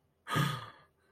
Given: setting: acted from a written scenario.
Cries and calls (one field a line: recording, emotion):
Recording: vocal sound without words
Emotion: awe